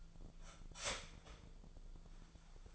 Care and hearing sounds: daily activity, microphone in the room; start toaster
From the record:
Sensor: 5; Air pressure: 1009.4 hPa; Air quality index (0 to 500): 169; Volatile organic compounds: 4 ppm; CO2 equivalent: 1639 ppm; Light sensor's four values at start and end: 89/235/95/101 and 88/235/95/101

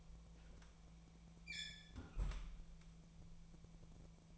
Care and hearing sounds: daily activity, microphone in the room; close fridge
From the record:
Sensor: 1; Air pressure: 1000.2 hPa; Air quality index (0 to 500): 135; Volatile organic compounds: 2 ppm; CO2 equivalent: 1272 ppm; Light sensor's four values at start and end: 37/92/39/48 and 37/93/39/48

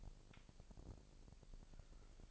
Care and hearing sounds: daily activity, microphone in the room; take from stove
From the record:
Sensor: 5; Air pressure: 999.5 hPa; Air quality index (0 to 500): 218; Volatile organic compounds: 19 ppm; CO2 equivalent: 2670 ppm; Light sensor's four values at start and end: 30/66/28/28 and 30/67/28/27

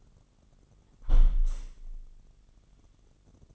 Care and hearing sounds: daily activity, microphone in the room; close window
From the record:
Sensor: 4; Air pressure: 999.4 hPa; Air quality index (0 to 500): 138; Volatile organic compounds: 3 ppm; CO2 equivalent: 1364 ppm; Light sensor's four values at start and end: 20/50/21/23 and 20/50/21/23

